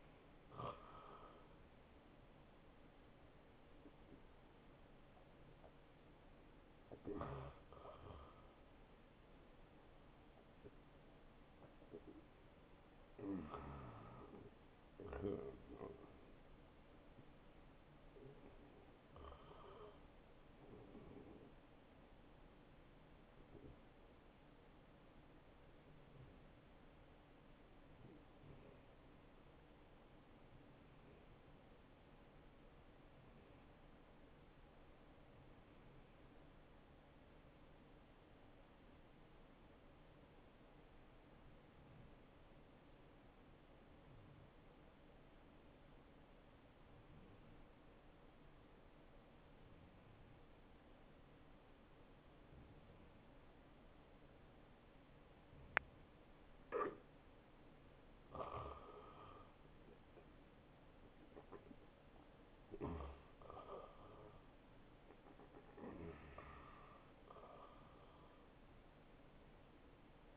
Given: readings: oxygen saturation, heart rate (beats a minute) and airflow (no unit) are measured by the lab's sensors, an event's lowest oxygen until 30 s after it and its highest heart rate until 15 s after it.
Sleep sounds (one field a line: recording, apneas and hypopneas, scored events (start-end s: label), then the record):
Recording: breathing in sleep by a voice recorder at the bedside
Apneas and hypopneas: 1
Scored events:
23.00-53.40 s: hypopnea (N1, oxygen 95% highest, then 87% lowest, heart rate 85 at the start, 85 highest)
From the record:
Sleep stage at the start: N1 (lightest sleep)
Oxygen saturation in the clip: 89 to 95%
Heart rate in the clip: 71 to 85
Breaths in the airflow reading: 17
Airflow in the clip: -15.3 to 9.8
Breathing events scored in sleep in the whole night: 263 in 5.5 hours asleep